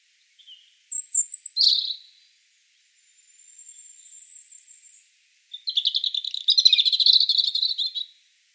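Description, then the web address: European robin singing: a brief high fluttering phrase, a thin sustained whistle, then a long rapid trilled and twittering passage. "SETE data Erithacus rubecula"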